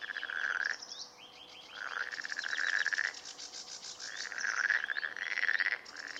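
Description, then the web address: Marsh frog giving repeated fast pulsed croaks in rattling bursts. Recorded in Turku, Finland, on 31 May 2009 at 23:11. "hlehto. sammakko molysammakko turku 23 h 11 m 45 s 31 may 2009"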